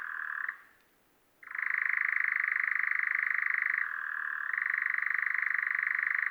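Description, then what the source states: European Nightjar churring: a steady rattling purr that breaks off for about a second, restarts abruptly, and later drops slightly in pitch once before resuming. Newly arrived from Africa, perched on a Scots pine facing south among near-flowering broom; evening, 8 May 2020, Drôme, France; Nagra LB recorder, MKH40 stereo.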